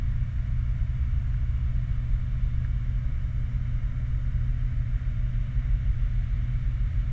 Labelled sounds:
vehicle

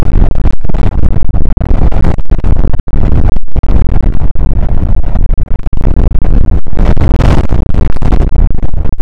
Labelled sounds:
wind

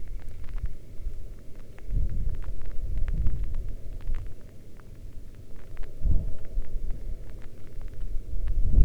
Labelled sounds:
wind, rain

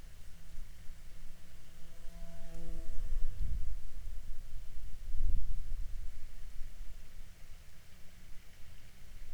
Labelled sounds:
water, insects

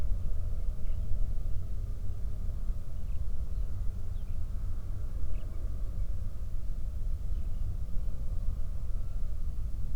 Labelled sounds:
songbird, flare stack

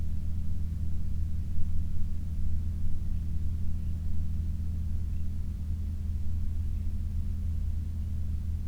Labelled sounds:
bird, aircraft

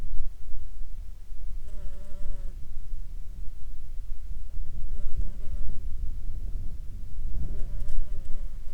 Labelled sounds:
water, insects

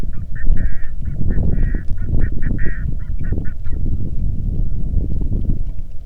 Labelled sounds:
waterfowl, wind, rain

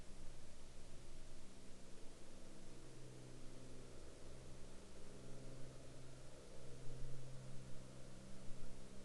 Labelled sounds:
man-made sound

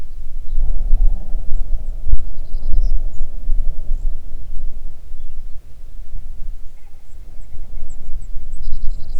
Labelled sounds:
songbird, grouse or ptarmigan, wind

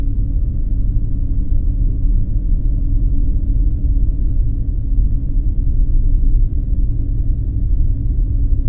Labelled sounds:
flare stack

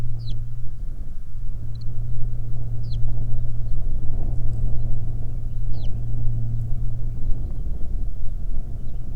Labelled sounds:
songbird, wind, aircraft

